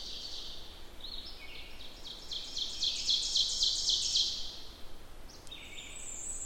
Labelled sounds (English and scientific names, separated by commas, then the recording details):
Ovenbird (Seiurus aurocapilla) song
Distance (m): 35 m
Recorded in boreal forest in Alberta, Canada, on 14 June 2016 at 06:17
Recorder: SongMeter 3, array SBT-3-33
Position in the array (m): 129 m, 33 m
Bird 21